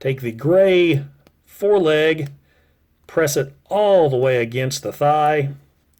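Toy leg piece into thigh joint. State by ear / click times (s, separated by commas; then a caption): not seated / none. Someone talks while handling the gray plastic leg piece of a transforming robot toy, getting ready to press it all the way against the thigh. Nothing has seated or clicked into place yet.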